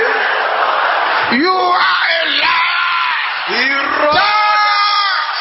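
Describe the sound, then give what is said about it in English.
A church audience shouts loudly in unison during prayer, a dense roar of many voices with individual yells rising and swooping in pitch above it, staying loud throughout. “Can I hear you say that loud and clear? Is that the loudest you can shout it?”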